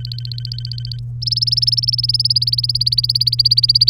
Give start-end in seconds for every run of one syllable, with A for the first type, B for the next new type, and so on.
0.00-0.99 A, 1.22-3.90 B